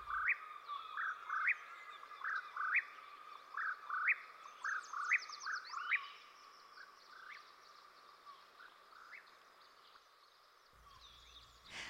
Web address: Dan Gibson's Solitudes Nature Trails. Whip Poor Will